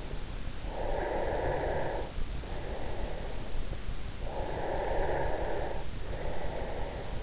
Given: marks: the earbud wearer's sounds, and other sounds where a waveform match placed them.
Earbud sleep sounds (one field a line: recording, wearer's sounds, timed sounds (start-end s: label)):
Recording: sounds in sleep by an in-ear microphone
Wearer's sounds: breath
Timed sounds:
0.61-3.60 s: breath
4.33-7.23 s: breath